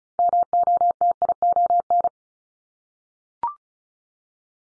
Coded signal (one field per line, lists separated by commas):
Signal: Morse code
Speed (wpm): 36 wpm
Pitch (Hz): 700 Hz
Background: none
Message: MOTION